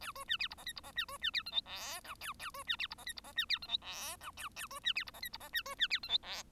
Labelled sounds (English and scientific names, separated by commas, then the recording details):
Bengalese Finch (Lonchura striata domestica) song
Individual Bird1